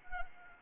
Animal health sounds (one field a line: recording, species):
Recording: mosquito wingbeat signal from an infrared sensor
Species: Anopheles arabiensis